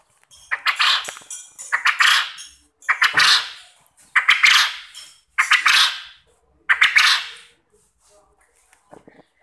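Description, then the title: Quail calls as a run of six rasping, noisy bursts, each under a second, given at a steady pace about every 1.2 seconds, then quiet. Quail call used as a lure to make quail answer and call vigorously. "Burung Puyuh Mana Yang Tidak Nyaut Dan Gacor Dengan Pancingan Ini"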